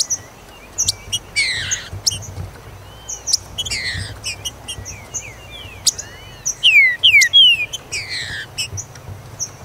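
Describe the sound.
Green-winged saltator song: sweeping whistled notes building to a bright phrase, with buzzy rasping bursts and high clicking chips.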